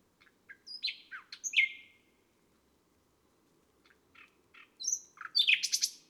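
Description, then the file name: Nightingale song in scattered bursts: sharp downslurred whistles and short chips, a long pause, then more short notes, a whistle and a rapid burst of high notes. Recorded on a May night. "Un rossignol enregistre une nuit de mai"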